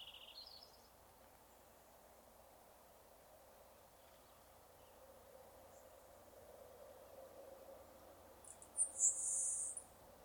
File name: lecontes sparrow